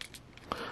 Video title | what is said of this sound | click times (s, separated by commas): Transformers War for Cybertron Kingdom Galvatron | it should just snap into place like that okay | 0.0 s, 0.5 s